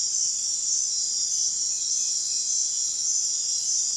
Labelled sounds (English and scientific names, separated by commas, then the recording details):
none
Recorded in dense forest near Puerto Asís, Putumayo, Colombia, on 20 February 2024 at 04:30
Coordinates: 0.499, -76.324
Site G6469